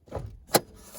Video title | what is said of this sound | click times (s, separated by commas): How to Replace an Air Control Valve Hyundai Sonata | you can hear it click | 0.6 s